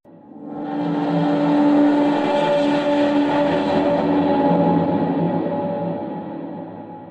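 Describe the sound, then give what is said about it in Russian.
A Lada 'Kopeyka' car on an empty highway, its driver pressing the failing brakes, its tires letting out a long, loud, steady screech over a rumbling engine for several seconds before the sound gradually eases off, with no voices. “Пустынное шоссе, резкий свет встречных фар, жму на тормоза, тормозов нет, руль не слушается, удар и темнота.”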